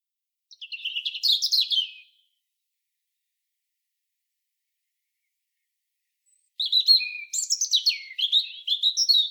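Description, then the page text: European robin singing two thin, high warbling phrases of trills and slurred whistles, separated by about four and a half seconds of silence. "European Robin. KÜRE Encyclopedia"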